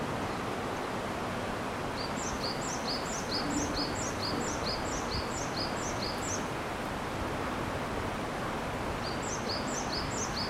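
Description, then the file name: Japanese tit song: a run of high, paired notes repeated quickly, a pause, then a second burst begins, all over constant background noise. Recorded 22 April 2019. "sijuukara 20190422"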